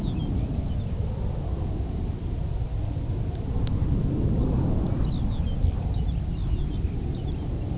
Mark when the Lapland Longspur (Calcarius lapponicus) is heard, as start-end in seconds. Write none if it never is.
0.01-0.94, 4.54-7.71